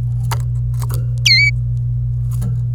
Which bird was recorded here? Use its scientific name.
Serinus canaria